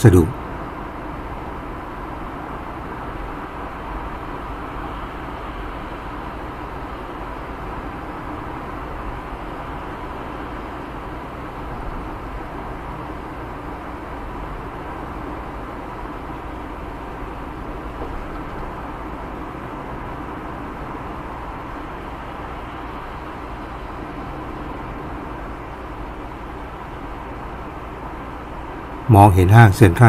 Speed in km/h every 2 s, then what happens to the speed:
64, 64, 64, 64, 63, 63, 63, 63, 63, 63, 63, 63, 63, 63, 63.
0-30 steady at about 63.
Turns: none.